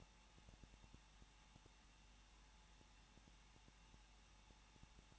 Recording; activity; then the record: daily activity, microphone in the room; no activity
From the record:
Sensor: 1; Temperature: 20.1 degrees Celsius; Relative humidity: 39.1%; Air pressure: 1006.5 hPa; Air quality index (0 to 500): 216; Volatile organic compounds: 72 ppm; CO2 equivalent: 3540 ppm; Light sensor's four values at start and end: 1/2/1/1 and 1/2/1/1